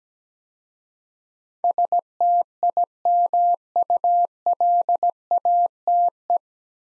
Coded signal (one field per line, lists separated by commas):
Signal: Morse code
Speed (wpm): 17 wpm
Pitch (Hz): 700 Hz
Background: none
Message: STIMULATE